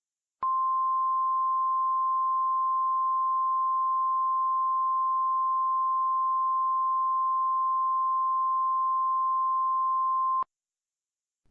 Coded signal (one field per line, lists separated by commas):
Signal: Emergency Alert System (SAME) tones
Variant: 1050 Hz attention tone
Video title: *VALID TONES* Hurricane Jerry: The Second Chapter (EAS Scenario)